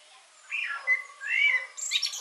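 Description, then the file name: Common blackbird song: two mellow fluted notes, the second rising and falling, followed by a brief high thin twitter. "Turdus merula"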